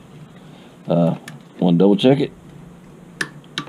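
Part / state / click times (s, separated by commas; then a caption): torque wrench on motorcycle oil drain bolt / torque reached / 3.2 s, 3.6 s. Someone talks, then a torque wrench re-checks the oil drain bolt on a Kawasaki ZX14 motorcycle, already torqued to 21 ft-lb, to double-check it. The wrench gives sharp clicks at 3.2 s and 3.6 s without the bolt turning, confirming the torque.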